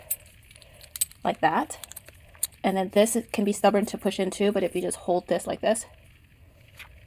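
A lock mechanism part of a Sifely keypad door lock is held and pushed into the keypad door lock housing during installation; the part can be stubborn to push in. Light metallic clinks and jangles sound in the first few seconds while someone talks. Nothing has seated or clicked yet; the part is not yet home.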